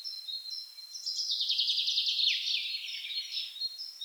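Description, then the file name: Common chaffinch song, a dense bright trill rising in loudness and sliding down to a terminal flourish, with thin high whistles before and after. "Fringilla coelebs"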